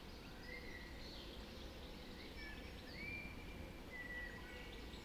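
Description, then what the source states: Birds in chorus, several clear sliding whistles and softer warbling behind, over a strong low hum. Dawn chorus recorded just after dawn in the Forest of Dean.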